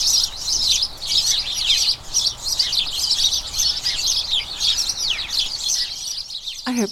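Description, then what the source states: A flock of house sparrows chattering continuously, quick overlapping chirps and cheeps, with a brief lower swooping sound near the very end. A colony of about a dozen house sparrows chattering incessantly in a small front garden as crocuses bloom, turning their thoughts to the breeding season.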